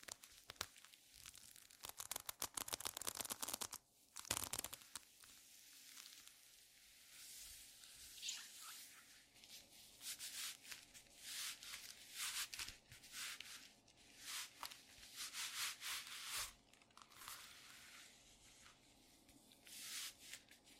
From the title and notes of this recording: TimASMR-ASMR Squeaky Leather Glove Sounds (NO TALKING).